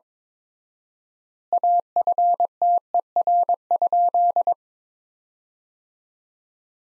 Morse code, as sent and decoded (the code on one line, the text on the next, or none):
.- ..-. - . .-. ..--..
AFTER?